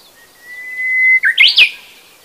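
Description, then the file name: Japanese bush warbler song: a long, steady whistled note swelling slowly, then a sudden loud, rich three-part flourish that drops and rises sharply before ending. "uguisu"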